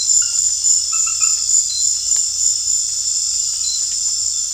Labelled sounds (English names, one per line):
none